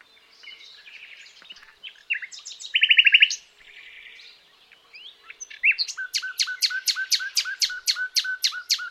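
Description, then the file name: Common nightingale song: varied chattering phrases, a loud buzzy trill, then a rapid series of sharp repeated notes. "Luscinia megarhynchos"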